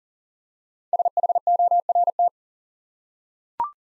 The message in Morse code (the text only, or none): SHORT